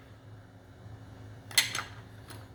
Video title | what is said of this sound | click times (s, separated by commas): Building and Replacing batteries in a Light Sabre from Galaxy's Edge | clicks in okay | 1.6 s